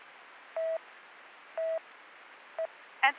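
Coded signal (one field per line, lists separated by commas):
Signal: none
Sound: police radio channel beeps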